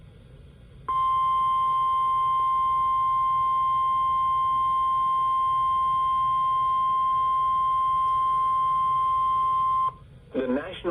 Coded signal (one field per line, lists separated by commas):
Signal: Emergency Alert System (SAME) tones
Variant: 1050 Hz attention tone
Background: speech